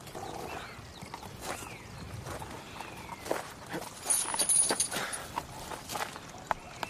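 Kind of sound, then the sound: animal, horse hooves clip-clopping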